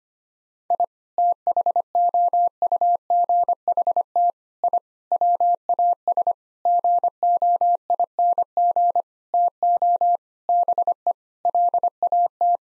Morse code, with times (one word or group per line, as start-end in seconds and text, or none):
0.7-0.8 I
1.2-4.3 THOUGHT
4.6-4.8 I
5.1-6.3 WAS
6.7-9.0 GOING
9.3-10.2 TO
10.5-11.1 BE
11.5-12.6 LAT